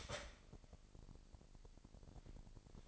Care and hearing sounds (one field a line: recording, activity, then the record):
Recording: daily activity, microphone in the room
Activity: start toaster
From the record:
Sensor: 5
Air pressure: 1007.4 hPa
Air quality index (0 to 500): 125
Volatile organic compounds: 1 ppm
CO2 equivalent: 951 ppm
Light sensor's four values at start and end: 25/59/24/24 and 25/59/24/24